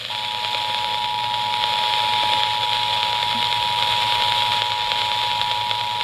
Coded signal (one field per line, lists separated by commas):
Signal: Emergency Alert System (SAME) tones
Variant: 853 and 960 Hz attention tone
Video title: EAS #634-636: WWG59's ABSENCE.... (EAS Tests from 1/12/22)